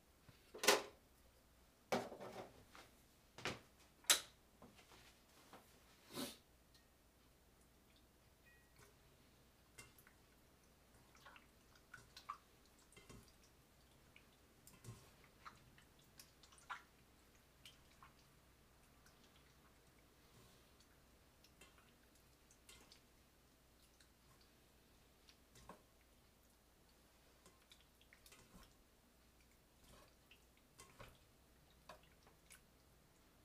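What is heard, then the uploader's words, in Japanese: Tomato sauce pasta being made: a burst of sharp clacks and knocks fills the first six seconds, with a couple of louder hits. After that, only small scattered ticks and clicks come every second or so over a faint, steady low hum. 環境音 トマトソースパスタの一部始終。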